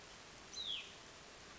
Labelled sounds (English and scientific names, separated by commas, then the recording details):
Hutton's Vireo (Vireo huttoni)
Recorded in Sonoma County, California